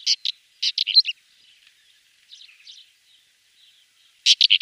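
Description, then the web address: Pied wheatear song, harsh clipped high notes in quick groups, a soft quiet interlude, then another burst of rasping notes. "Schulze Peter Pied Wheatear song"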